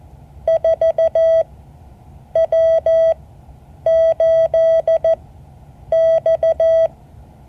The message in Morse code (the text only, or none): 4W8X